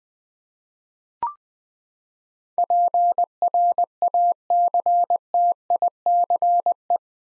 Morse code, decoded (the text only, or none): PRACTICE